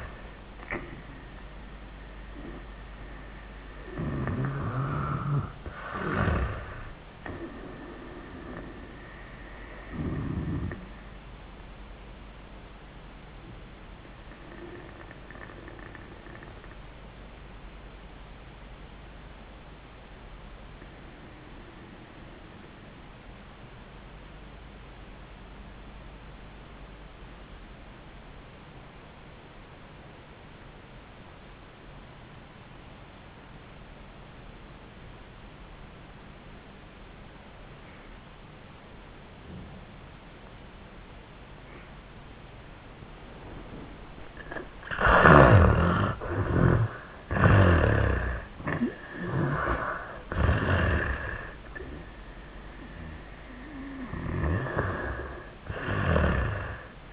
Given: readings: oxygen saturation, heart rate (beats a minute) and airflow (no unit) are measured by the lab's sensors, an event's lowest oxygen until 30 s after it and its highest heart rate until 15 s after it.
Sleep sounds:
breathing in sleep by a voice recorder at the bedside; 1
15.00-46.30 s: obstructive apnea (N1, oxygen 96% highest, then 75% lowest, heart rate 78 at the start, 96 highest)
From the record:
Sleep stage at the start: N1 (lightest sleep); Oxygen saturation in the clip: 76 to 96%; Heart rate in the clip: 75 to 98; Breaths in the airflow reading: 5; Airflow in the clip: -22.0 to 9.7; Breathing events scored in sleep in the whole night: 400 in 8.7 hours asleep

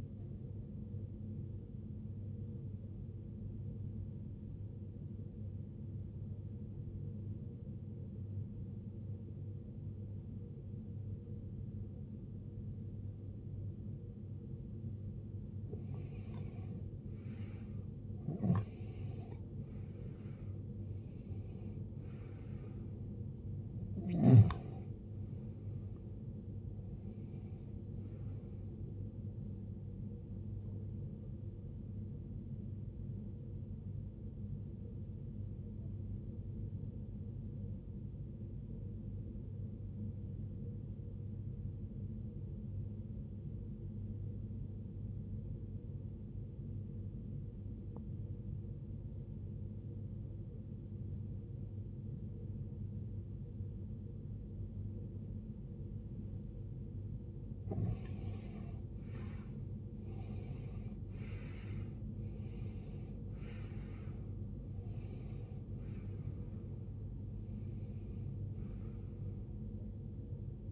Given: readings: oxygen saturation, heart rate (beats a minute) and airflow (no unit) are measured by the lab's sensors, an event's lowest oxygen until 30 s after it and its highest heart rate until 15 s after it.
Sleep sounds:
breathing in sleep by a smartphone at the bedside; 2
4.00-18.50 s: obstructive apnea (N2, oxygen 94% highest, then 85% lowest, heart rate 62 at the start, 79 highest)
11.00-41.00 s: new sleep stage, N1 (lightest sleep)
41.00-70.72 s: new sleep stage, N2 (light sleep)
42.00-61.10 s: obstructive apnea (N2, oxygen 94% highest, then 84% lowest, heart rate 68 at the start, 80 highest)
From the record:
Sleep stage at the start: N2 (light sleep); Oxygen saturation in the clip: 85 to 94%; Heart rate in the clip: 59 to 80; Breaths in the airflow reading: 10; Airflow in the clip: -19.1 to 18.3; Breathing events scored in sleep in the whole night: 389 in 6.3 hours asleep

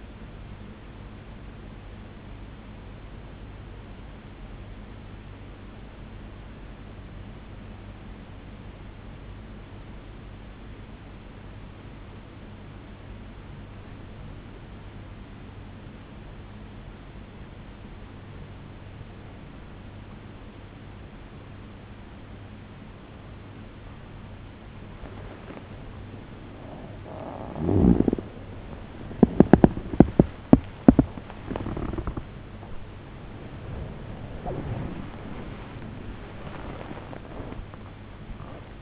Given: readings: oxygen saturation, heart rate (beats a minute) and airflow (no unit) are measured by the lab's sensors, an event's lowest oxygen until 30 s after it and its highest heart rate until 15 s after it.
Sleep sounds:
breathing in sleep by a voice recorder at the bedside; 1
4.00-16.10 s: hypopnea (N2, oxygen 94% highest, then 94% lowest, heart rate 67 at the start, 91 highest)
16.00-38.82 s: new sleep stage, N1 (lightest sleep)
From the record:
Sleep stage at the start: N2 (light sleep); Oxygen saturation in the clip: 94 to 95%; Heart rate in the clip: 66 to 97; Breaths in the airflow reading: 11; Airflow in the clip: -0.6 to 0.7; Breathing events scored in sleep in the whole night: 103 in 8.4 hours asleep

